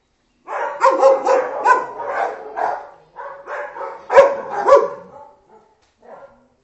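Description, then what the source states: Dog giving a string of rapid barks, a pause, more barks including two loud sharp ones, then a faint final bark. Ten dogs barking.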